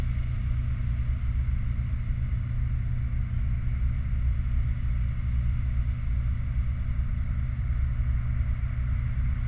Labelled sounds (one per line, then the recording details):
machinery
flare stack
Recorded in the Prudhoe Bay oil fields, Alaska, on 29 July 2019 at 09:06
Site 29